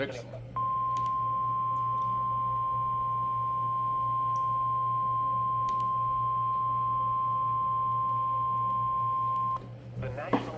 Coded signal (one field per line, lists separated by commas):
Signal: Emergency Alert System (SAME) tones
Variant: 1050 Hz attention tone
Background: speech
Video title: B2B STORMS | EAS Alerts from July 19, 2025